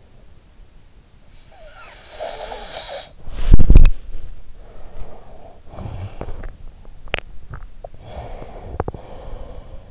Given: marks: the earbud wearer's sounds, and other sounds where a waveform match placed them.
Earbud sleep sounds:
sounds in sleep by an in-ear microphone; snoring breath, body movement, breath, teeth grinding
1.62-3.19 s: snoring breath
3.13-4.54 s: body movement
4.54-6.59 s: breath
6.59-8.91 s: teeth grinding
7.91-9.91 s: breath

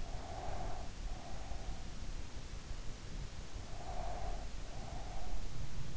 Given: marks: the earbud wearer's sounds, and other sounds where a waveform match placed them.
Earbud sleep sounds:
sounds in sleep by an in-ear microphone; breath
0.03-1.65 s: breath
3.67-5.41 s: breath

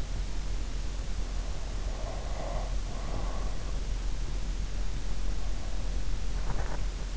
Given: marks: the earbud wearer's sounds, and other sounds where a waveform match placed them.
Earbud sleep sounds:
sounds in sleep by an in-ear microphone; breath
1.61-3.68 s: breath
6.15-7.17 s: sound from someone else or the room

